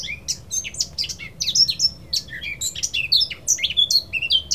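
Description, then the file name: Eurasian blackcap song, dense rapid warbling with sharp high notes and clear whistled phrases, continuous over faint low background noise. "Sylvia atricapilla"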